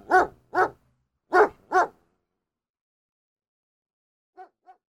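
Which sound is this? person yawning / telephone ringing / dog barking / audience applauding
dog barking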